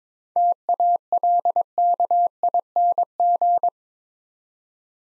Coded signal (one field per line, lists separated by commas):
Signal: Morse code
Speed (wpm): 22 wpm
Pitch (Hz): 700 Hz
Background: none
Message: TALKING